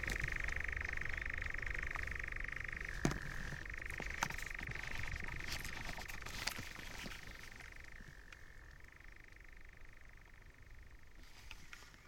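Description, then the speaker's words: European nightjar churring: a long, even mechanical trill that drops briefly to a slightly lower pitch twice without breaking off, over low rumble. Unmistakable rattling churring song heard suddenly in the distance at dusk, with rain expected. "En dan horen we ineens in de verte de onmiskenbare ratelende zang van een nachtzwaluw."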